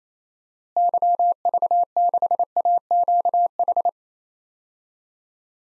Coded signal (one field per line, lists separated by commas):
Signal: Morse code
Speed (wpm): 28 wpm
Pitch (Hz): 700 Hz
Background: none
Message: YV6AQH